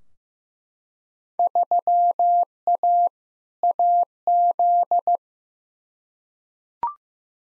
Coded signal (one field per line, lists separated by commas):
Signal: Morse code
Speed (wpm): 15 wpm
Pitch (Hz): 700 Hz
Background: none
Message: 3A AZ